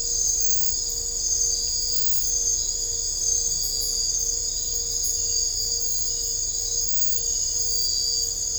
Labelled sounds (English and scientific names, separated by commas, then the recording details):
none
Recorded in dense forest near Puerto Asís, Putumayo, Colombia, on 21 December 2024 at 02:00
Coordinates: 0.500, -76.322
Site G053